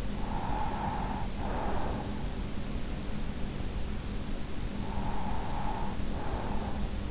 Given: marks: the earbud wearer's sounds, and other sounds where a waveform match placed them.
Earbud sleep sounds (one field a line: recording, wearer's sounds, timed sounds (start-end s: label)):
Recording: sounds in sleep by an in-ear microphone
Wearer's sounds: breath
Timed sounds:
0.16-2.39 s: breath
4.56-7.10 s: breath